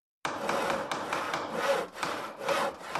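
A hand saw cuts through wood in empty school classrooms during preparations for a festival, in steady back-and-forth strokes, each a rough, hissing rasp with brief pauses between, loud and even with no voices.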